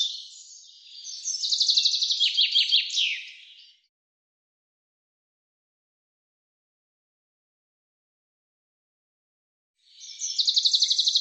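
Common chaffinch song: a fast, bright trill that drops in pitch, then after a long silence a second phrase starts near the end and is cut off.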